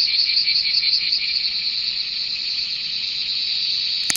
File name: クマゼミ